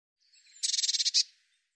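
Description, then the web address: Eurasian blue tit scolding call: a short buzzy churr of about eight rapid, even notes, preceded by a faint thin lead-in. "cianscape birddata Deverinetal 2025 File cleaned normalized Bird Cy Ca"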